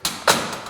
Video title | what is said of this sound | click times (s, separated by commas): Calico, Liverpool - Gym Induction - Fresh Student Living | and locks in place. | 0.0 s